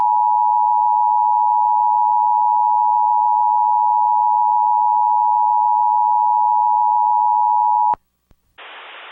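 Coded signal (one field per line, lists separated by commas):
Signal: Emergency Alert System (SAME) tones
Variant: 853 and 960 Hz attention tone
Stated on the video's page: A mock reenactment with valid tones, recreating a real severe thunderstorm warning.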